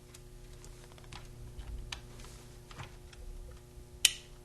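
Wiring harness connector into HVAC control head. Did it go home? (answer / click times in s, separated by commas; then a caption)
yes / 4.0 s. Several faint ticks are heard as the first wiring harness connector is plugged into the back of the HVAC climate control head on a Ford Explorer or Mercury Mountaineer. A sharp, loud click at 4.0 s shows the electrical connector has clicked in and is properly seated.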